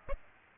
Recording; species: mosquito wingbeat signal from an infrared sensor; Aedes aegypti